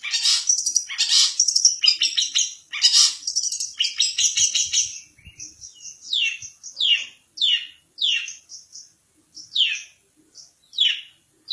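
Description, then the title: Long-tailed shrike song: dense scratchy chattering at first, then a string of downward-sweeping notes. Champion competition bird, song recording. "Kicau Burung Cendet Juara"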